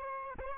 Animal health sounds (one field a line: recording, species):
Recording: mosquito wingbeat signal from an infrared sensor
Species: Aedes albopictus